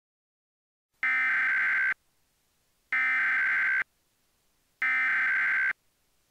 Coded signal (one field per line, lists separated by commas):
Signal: Emergency Alert System (SAME) tones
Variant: header bursts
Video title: EAS Mocks I made whilst on vacation